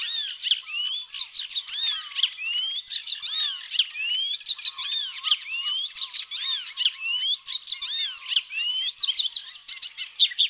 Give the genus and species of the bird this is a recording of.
Hippolais icterina